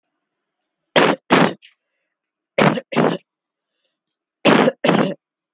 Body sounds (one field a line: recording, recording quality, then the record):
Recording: shallow voluntary cough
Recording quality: excellent, no background noise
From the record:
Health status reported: exposed to COVID-19, no respiratory illness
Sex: female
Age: 20 years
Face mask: not worn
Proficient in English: yes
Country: India